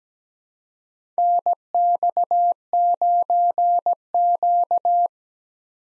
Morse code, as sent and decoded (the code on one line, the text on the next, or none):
-. -..- ----. --.-
NX9Q